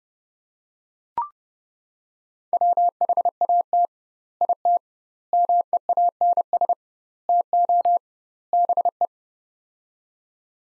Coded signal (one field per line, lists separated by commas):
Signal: Morse code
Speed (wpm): 30 wpm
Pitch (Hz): 700 Hz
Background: none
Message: WHAT IT MEANS TO BE